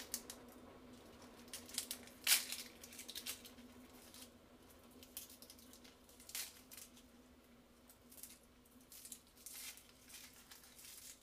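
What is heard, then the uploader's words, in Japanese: Tomato sauce pasta being made: a steady low hum runs throughout beneath scattered light clicks, taps and scrapes of utensils. A sharp, bright click stands out at about two seconds, and soft rustles and knocks come irregularly for the rest. 環境音 トマトソースパスタの一部始終。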